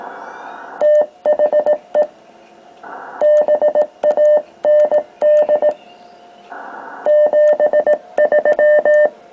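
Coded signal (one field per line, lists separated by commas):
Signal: Morse code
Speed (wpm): 18 wpm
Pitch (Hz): 600 Hz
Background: none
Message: THE BAND 73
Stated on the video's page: Homebrew equipment.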